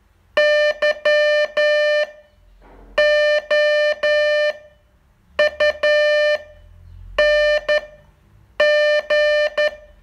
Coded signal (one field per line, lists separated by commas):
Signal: Morse code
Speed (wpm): 10 wpm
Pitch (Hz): 600 Hz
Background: none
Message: YOUNG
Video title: Learn Morse in 42 Days from VU2LAU - day 38 test2